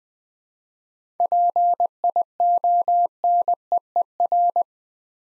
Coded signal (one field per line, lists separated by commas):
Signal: Morse code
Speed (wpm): 20 wpm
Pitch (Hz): 700 Hz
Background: none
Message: PIONEER